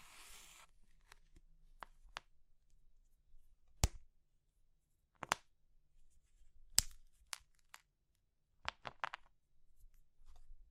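Brittle things like soap, chalk and meringue are crushed in a series of sharp, crisp snaps and crunches, spaced irregularly across the clip, some single and some in quick clusters near the end. Between them it's nearly silent, with a soft hiss at the start.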